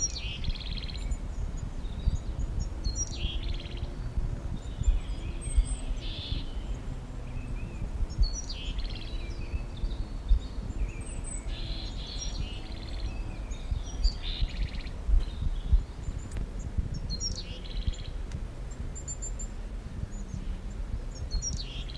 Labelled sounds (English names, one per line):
Willow Tit